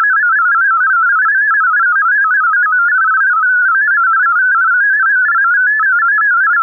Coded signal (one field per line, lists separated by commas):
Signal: multi-tone FSK (Olivia or MFSK type)